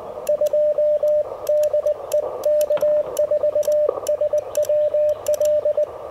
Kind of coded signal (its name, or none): Morse code